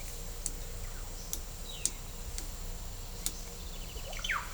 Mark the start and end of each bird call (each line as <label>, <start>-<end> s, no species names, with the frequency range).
bird call (0.7-4.0 kHz), 3.65-4.52 s